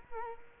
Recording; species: mosquito wingbeat signal from an infrared sensor; Culex quinquefasciatus